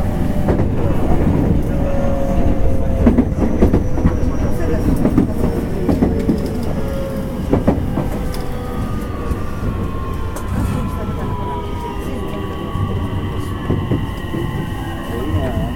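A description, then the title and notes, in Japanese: Running sound recorded aboard a JR 225-series rapid train on the Kobe Line. A dense, steady low rumble continues throughout, with faint voices early on and gliding motor whines that rise and fall from around eight seconds onward, plus occasional clicks from the rails. JR西日本の225系電車の走行音です。JR神戸線の新快速列車にて収録しました。区間は、芦屋から大阪までです。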